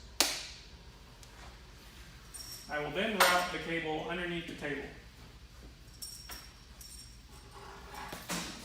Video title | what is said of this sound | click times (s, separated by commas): CRWeld 1 Setup and Overview | and then twist until it clicks | 0.2 s